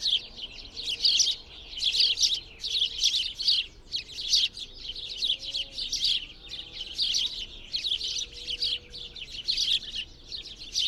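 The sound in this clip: Bird chirping in distinct pulses of high, rapid twitter.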